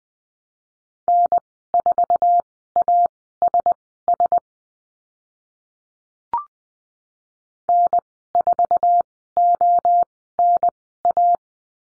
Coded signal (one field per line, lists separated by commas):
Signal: Morse code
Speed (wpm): 20 wpm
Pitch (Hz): 700 Hz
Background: none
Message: N4ASS N4ONA